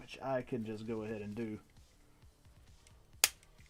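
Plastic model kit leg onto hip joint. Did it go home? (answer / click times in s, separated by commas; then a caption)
yes / 3.2 s. Someone talks for about the first 1.6 seconds, then there are faint handling sounds. A plastic leg from a 1/144 RG MSN-04 Sazabi model kit is popped onto its hip joint, which gives one sharp, loud snap at 3.2 s as it seats.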